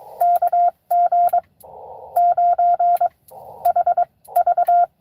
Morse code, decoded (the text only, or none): KG9HV